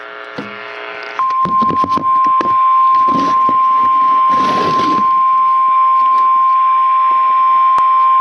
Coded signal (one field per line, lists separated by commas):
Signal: Emergency Alert System (SAME) tones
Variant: 1050 Hz attention tone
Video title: Severe Thunderstorm Warning (Granite and Ravalli [my county], MT)(EAS #43)